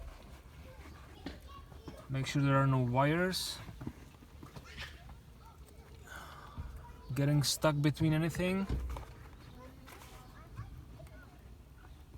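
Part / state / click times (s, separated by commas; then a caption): driver airbag module into steering wheel / not seated / none. On a Jeep, after the airbag connectors are plugged in, a driver airbag module is handled at the steering wheel, to be pushed straight in so its retaining hooks lock into place. Someone talks, with faint taps and handling sounds at about 1.3, 3.8, 4.5 and 9.0 seconds. Nothing has seated or clicked yet.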